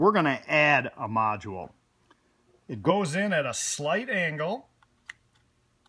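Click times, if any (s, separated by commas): 5.1 s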